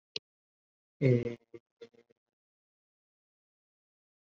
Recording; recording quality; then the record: sustained vowel as in made; moderate, slight background noise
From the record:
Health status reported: COVID-19 positive, moderate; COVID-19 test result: positive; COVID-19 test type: RT-PCR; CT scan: not taken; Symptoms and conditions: cold, fever, fatigue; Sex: male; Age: 25 years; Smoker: no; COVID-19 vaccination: both doses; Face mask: worn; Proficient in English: no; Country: India